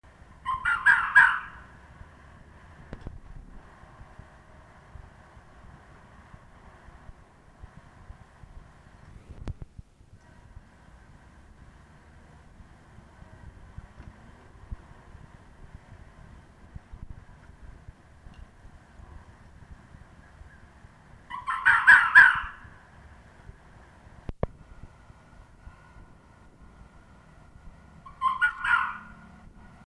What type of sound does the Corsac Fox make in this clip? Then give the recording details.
barking. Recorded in captivity. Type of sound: barking. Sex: male. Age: adult. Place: Zoologisches Institut der HUB, Berlin, DE. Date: 1969-01-09 17:00. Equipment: Uher 4000 Report Monitor, GDM 121. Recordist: Tembrock, Günter. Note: Rüde "Peter" sitzt mit Blick auf Beobachtungsraum, dreimal Bellstrophe; hatte auch vorher schon wiederholt gebellt. Bei der zweiten Bellstrophe leichte Kopiereffekte